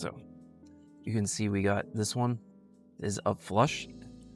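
A crimped wire terminal is handled at the back of a plastic light bar harness connector housing, a Lasfit light bar upgrade for a Silverado, while someone talks over background music. The terminal is being pushed toward flush so the internal locking pins can catch its shoulder, but nothing has seated or clicked yet.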